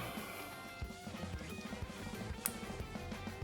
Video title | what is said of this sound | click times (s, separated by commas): License Plate Relocation on a Harley M8 Softail - TCBros.com | Till it clicks. | 2.5 s